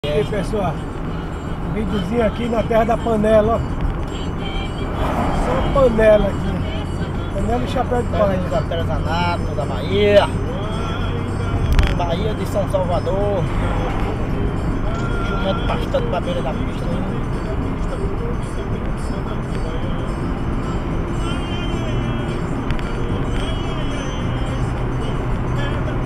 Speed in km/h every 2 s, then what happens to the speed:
49, 51, 53, 55, 58, 60, 62, 64, 66, 69, 71, 74, 77.
0-26 speeds up to 77.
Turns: none.